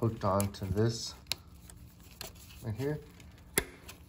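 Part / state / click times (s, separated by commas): throttle linkage socket on its ball stud / released / 3.6 s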